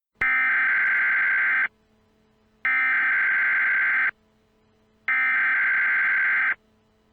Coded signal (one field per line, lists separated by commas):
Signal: Emergency Alert System (SAME) tones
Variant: header bursts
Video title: EAS Scenario - The Glitch